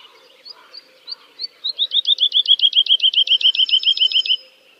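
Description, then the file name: Woodlark song, a few soft introductory notes accelerating into a rapid, evenly repeated run of fluty double syllables lasting about three seconds. "kicau master woodlark"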